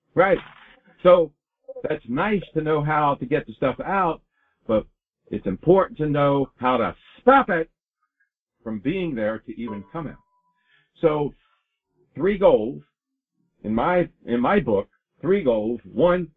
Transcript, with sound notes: So, that's nice to know how to get the stuff out, but it's important to know how to stop it from being there to even come out. (bell chimes) So, three goals, in my, in my book, three goals.